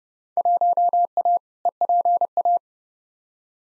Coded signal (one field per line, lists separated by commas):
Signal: Morse code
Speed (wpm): 30 wpm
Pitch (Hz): 700 Hz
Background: none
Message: 1A EPA